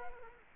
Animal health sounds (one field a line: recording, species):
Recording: mosquito wingbeat signal from an infrared sensor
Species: Culex quinquefasciatus